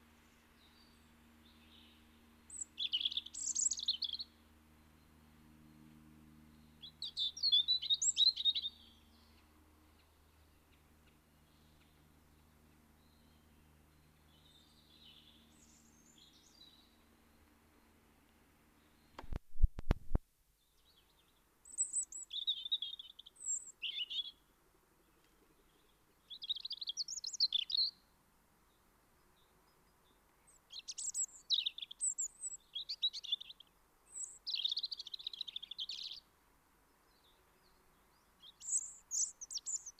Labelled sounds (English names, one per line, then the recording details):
European Robin song
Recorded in the wild
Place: Kaiserslautern, Rheinland-Pfalz, DE
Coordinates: 49.3683, 7.78167
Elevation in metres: 452
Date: 1977-03-06
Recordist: Tretzel, Erwin